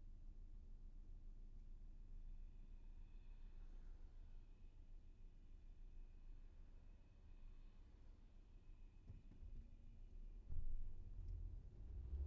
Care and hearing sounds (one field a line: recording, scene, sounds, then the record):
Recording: everyday scene through a hearing-aid microphone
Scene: in a vehicle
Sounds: engine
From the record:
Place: VW T5 Caravelle, diesel engine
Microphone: behind the ear, left, front